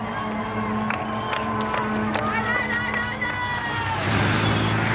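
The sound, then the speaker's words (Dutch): Roadside spectators at a bend on a Tour de France descent cheer and whoop in a steady crowd roar, with scattered sharp claps and shouts, swelling louder and broader in the final second as cyclists including Tadej Pogačar in the white jersey approach, over a low engine hum. “Daar aan de andere kant van de bocht zwelt het gejuich aan.”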